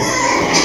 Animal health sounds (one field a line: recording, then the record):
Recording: squeal of a Yucatan mini pig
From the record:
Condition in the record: before surgery on the right vocal fold (resection and tissue-engineered implant)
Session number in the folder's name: 2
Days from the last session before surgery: 0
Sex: male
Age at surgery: 12 weeks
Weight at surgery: 13 kg